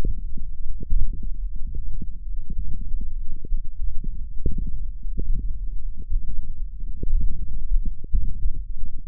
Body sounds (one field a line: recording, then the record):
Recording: forearm muscle sounds (acoustic myography)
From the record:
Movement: hand opening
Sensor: system 1, eight BSWA MPA416 microphones around the upper forearm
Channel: 8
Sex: male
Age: 21 years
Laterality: right